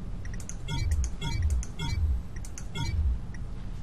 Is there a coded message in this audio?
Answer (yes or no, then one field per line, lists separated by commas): no